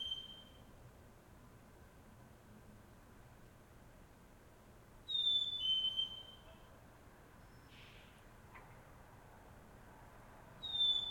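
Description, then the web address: Bird sounding clear high whistles at the start, around five seconds in and at the end, with a brief soft scratchy sound between over low background noise. Solo bird calling in a Montreal suburb, Canada, early morning, with distant traffic passing by. "Nature in the City AMB SUBURB Solo Bird Call, Early Morning, Distant Traffic Passbys, Montreal, Canada"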